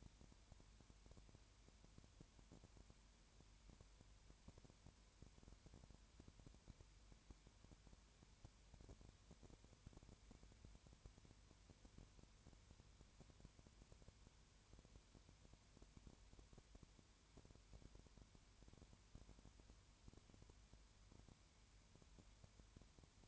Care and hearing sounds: daily activity, microphone in the room; no activity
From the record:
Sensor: 2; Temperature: 20.3 degrees Celsius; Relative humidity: 33.8%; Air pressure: 1003.1 hPa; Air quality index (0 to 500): 83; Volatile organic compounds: 1 ppm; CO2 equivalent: 787 ppm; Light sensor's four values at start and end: 2/3/2/2 and 2/3/2/2

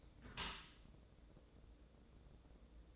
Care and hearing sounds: daily activity, microphone in the room; close dishwasher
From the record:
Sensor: 3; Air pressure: 1012.3 hPa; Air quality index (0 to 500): 145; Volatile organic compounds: 2 ppm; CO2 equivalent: 1121 ppm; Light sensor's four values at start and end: 581/1437/590/587 and 579/1433/588/585

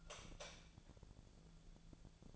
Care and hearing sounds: daily activity, microphone in the room; light off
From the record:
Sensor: 5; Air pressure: 1000.2 hPa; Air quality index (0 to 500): 103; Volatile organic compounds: 1 ppm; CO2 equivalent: 833 ppm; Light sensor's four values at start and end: 262/625/268/298 and 260/618/265/295

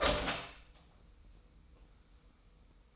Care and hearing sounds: daily activity, microphone in the room; open door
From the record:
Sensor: 1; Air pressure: 990.5 hPa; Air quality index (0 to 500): 160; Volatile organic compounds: 1000 ppm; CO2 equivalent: 5840 ppm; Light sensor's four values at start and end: 33/74/32/34 and 32/73/32/34

